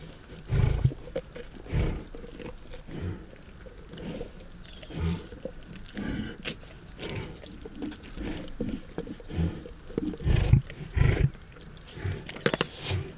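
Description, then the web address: Lion roaring in a loose series of deep, rumbling grunts. "big cats|lions"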